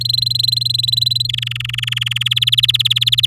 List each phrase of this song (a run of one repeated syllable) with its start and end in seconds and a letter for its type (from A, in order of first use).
0.00-1.27 A, 1.29-2.23 B, 2.25-3.26 C